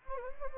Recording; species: mosquito wingbeat signal from an infrared sensor; Anopheles gambiae